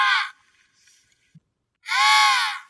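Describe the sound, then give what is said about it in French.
An emperor penguin, a bird about 1.1 m tall and 30 kg, gives its alarm call: a short, harsh, buzzing squawk, a second of near silence, then a longer, louder braying cry rich in layered tones. “Je ne sais pas vous, mais quand j'entends son cri d'alerte, ça me fait presque peur et me met moi-même en alerte.”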